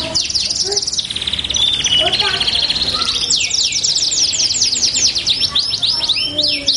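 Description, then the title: Belgian canary song, a rolling buzzy trill followed by loud rapid upswept and downswept notes. Belgian canary song used to warm up canaries and prompt them to sing along within seconds. "Canto Para Esquentar Canário Belga. LANGSUNG NYAUT. Pancingan suara kenari hitungan detik langsung ikut bunyi"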